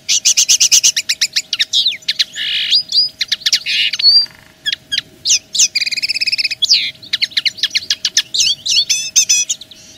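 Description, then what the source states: Common linnet song, a fast, continuous twittering of buzzy trills, sharp chips and short whistled notes, with a steady tone underneath. Wild-caught bird singing; pure field-style decoy song (Silvestrismo).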